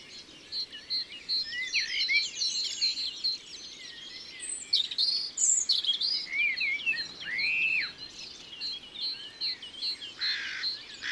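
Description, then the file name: European robin song of varied high twittering notes, then clear slurred whistles that rise and fall, delivered in short bursts with soft background hiss. Recorded in Isère, France. "Rougegorge familier - Concerts naturels de l Isere - Studio Les Trois Becs"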